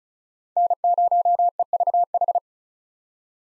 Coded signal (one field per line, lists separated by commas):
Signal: Morse code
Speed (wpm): 36 wpm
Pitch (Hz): 700 Hz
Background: none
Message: N0EVH